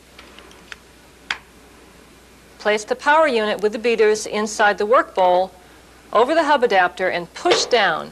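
An accessory part, likely the beaters, is pushed into the white plastic power unit of a Cuisinart food processor. A few faint taps come first, then a sharp click at 1.3 s as the part seats in place. Someone then talks.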